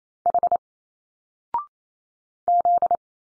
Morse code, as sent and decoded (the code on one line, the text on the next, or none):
.... / --..
H Z